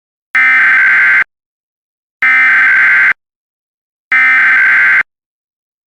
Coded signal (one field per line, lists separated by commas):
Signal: Emergency Alert System (SAME) tones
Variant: header bursts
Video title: (EAS MOCK) Super Idol 69 subscriber special!